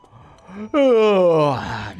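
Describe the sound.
A person, just waking early in the morning, lets out a long, loud voiced yawn that slides steadily downward in pitch, then trails off into a breathy exhale, preceded by a soft low murmur.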